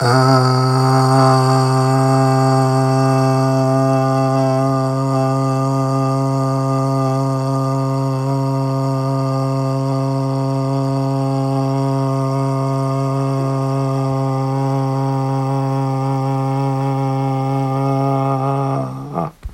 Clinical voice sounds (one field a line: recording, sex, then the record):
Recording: sustained vowel /a/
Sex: male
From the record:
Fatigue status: no fatigue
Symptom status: symptomatic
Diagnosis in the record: COVID-19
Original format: m4a